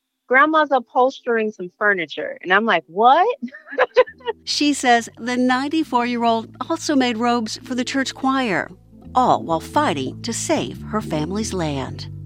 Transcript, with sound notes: Grandma's upholstering some furniture. And I'm like, what (laughter)
She says the 94-year-old also made robes for the church choir, all while fighting to save her family's land.